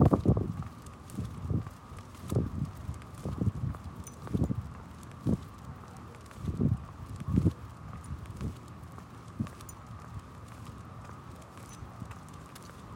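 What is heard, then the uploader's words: Footsteps on a street walk, with low, regular thumps arriving about once or twice a second through the first eight seconds, then softening. A steady low hum and a faint constant tone sit underneath, with light rustling and occasional small ticks. We walk through the adjacent streets of Central Phoenix by our home, taking in the sights and sounds of the neighborhood as we make our way to a perfect spot to watch the sunrise by the canal. June | Summer.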